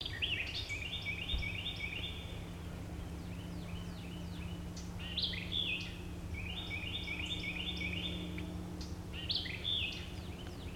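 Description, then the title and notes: Bird calls: two bursts of rapid chattering notes with other short calls between, over a steady low hum and background noise. "Birds 031817 by Christie Mullen"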